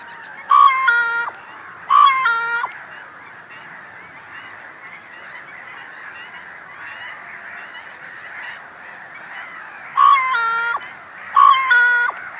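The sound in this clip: Bird call heard as two pairs of loud nasal, harmonic notes, one pair early and one late, with a long stretch of continuous chattering bird chorus between them.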